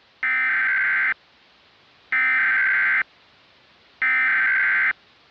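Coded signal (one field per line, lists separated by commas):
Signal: Emergency Alert System (SAME) tones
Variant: header bursts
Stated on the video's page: Mock EAS scenario with valid tones capable of triggering real activations.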